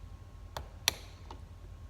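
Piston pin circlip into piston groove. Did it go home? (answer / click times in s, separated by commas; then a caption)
yes / 0.9 s. On a KTM 250/300 top-end rebuild, the bottom of a wrist pin circlip, whose top ends already sit in their groove, is pressed into the piston groove with pliers. A faint tick at 0.6 s comes before a sharp, bright click at 0.9 s, followed by a softer tick at 1.3 s. The circlip snaps in and is seated in its groove.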